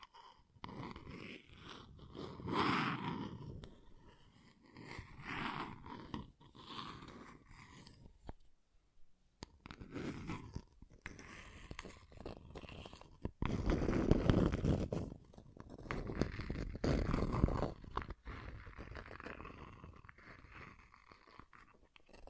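Scratching and tracing sounds, made of rough, gritty strokes that come in uneven bursts, some short and some drawn out over a few seconds. The loudest, densest scraping falls around 2 to 3 seconds and again from 13 to 18 seconds, with a near-silent gap at about 8 seconds.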